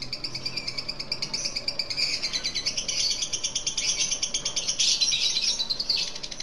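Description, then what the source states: Lovebird chatter, rapid and shrill, its buzzy pulses pouring out continuously. Lutino lovebird giving the ngekek chattering call, recorded for use in training birds.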